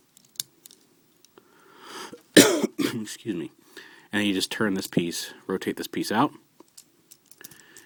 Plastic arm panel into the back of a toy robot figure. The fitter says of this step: You have to push a little bit further. They will lock into place behind his arms.